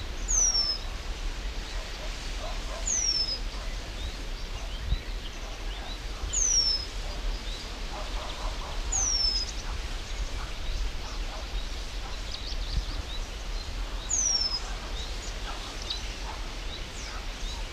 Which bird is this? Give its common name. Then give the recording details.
Eurasian Penduline Tit. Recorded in the wild. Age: adult. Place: Schönerlinde, Naturpark Barnim, Brandenburg, DE. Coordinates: 52.6511, 13.4033. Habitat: pond. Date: 1991-06-09 10:20. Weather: partly sunny, 15 - 17 °C. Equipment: Marantz, Sennheiser ME 80, Kopie Tesla B 116. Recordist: Tembrock, Günter